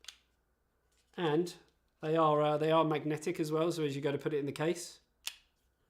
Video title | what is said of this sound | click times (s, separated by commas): Black Friday Tech Haul 2021 Live Stream | just kind of snaps into place oh | 5.3 s